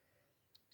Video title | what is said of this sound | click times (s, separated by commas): How To Build A 3D Printed Riddell Speedflex | you should feel it click into the top. | 0.6 s, 0.7 s